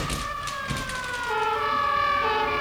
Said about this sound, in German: Was ist das? Sirenen!